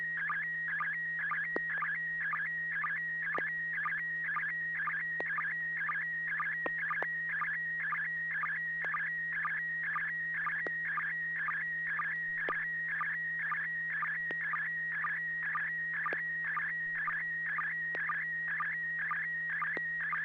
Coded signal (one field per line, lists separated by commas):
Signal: SSTV (slow-scan television)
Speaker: it it actually came through really well for me it's a super good resolution few pixelations I see